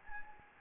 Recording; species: mosquito wingbeat signal from an infrared sensor; Anopheles gambiae